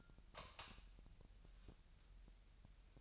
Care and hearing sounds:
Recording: daily activity, microphone in the room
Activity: light off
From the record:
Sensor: 2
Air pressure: 1001.7 hPa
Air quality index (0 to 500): 240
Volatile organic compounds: 31 ppm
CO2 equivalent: 2978 ppm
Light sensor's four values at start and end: 8/23/9/9 and 4/10/4/4

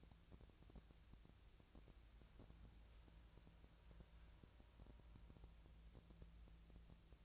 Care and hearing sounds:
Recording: daily activity, microphone in the room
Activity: wipe stove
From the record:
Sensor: 2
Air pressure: 1000.4 hPa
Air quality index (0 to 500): 176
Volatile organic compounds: 3 ppm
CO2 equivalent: 1454 ppm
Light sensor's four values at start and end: 10/23/10/10 and 10/23/10/10

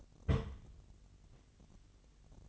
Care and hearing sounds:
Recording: daily activity, microphone in the room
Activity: place on stove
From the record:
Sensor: 4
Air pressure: 1000.1 hPa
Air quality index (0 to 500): 227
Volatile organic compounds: 29 ppm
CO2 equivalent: 2927 ppm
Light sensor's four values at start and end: 9/20/8/8 and 9/20/8/7

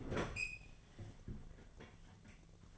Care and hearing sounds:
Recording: daily activity, microphone in the room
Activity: open fridge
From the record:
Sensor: 4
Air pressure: 1010.6 hPa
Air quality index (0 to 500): 175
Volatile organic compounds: 5 ppm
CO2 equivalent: 1779 ppm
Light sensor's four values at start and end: 35/101/40/40 and 30/88/35/35

